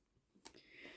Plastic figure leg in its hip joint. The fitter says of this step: and they can also go in and out they do have a soft thunk there they have like a soft lock